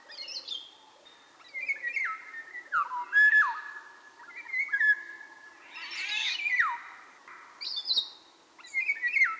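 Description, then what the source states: Eurasian golden oriole harsh chatter: rasping, descending call bursts with brief high squeaky notes between them, repeated several times. Recorded at Kondor-tó; excited males and females giving harsh chattering calls, with very high, short notes of young males learning to sing from older males.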